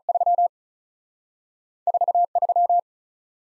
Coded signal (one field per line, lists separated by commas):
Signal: Morse code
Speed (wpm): 48 wpm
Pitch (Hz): 700 Hz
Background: none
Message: 3 4 3